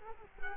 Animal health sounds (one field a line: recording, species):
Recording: mosquito wingbeat signal from an infrared sensor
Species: Culex quinquefasciatus